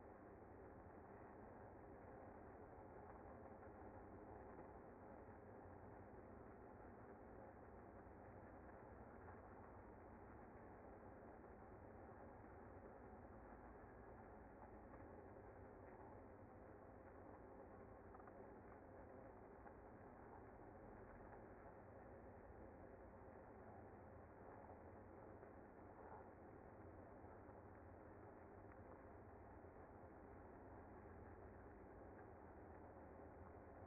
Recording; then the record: honeybee colony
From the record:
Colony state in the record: active